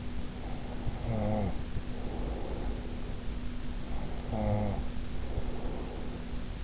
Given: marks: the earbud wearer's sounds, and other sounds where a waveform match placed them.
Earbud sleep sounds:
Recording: sounds in sleep by an in-ear microphone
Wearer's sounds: snoring breath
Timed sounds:
0.18-3.43 s: snoring breath
3.82-6.28 s: snoring breath

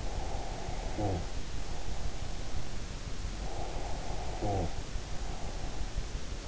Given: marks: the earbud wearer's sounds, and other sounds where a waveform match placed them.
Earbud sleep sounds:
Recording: sounds in sleep by an in-ear microphone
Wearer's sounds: snoring breath, breath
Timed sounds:
0.24-2.76 s: snoring breath
3.44-6.09 s: breath

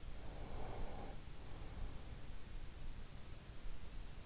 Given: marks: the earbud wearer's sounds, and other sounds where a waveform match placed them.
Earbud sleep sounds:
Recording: sounds in sleep by an in-ear microphone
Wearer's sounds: breath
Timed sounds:
0.18-3.25 s: breath

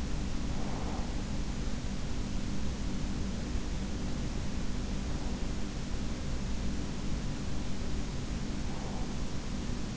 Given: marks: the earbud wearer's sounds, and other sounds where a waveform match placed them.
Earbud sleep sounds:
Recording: sounds in sleep by an in-ear microphone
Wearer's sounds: breath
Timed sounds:
0.00-1.70 s: breath
7.99-9.74 s: breath

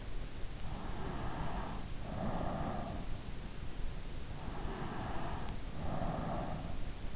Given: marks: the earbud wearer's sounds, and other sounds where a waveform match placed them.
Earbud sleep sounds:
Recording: sounds in sleep by an in-ear microphone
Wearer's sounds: breath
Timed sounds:
0.65-3.42 s: breath
4.25-7.16 s: breath

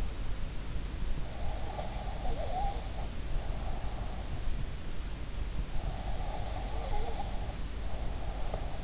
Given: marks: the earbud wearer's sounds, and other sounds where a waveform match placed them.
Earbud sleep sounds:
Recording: sounds in sleep by an in-ear microphone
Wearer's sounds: breath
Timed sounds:
1.48-4.20 s: breath
6.07-8.84 s: breath

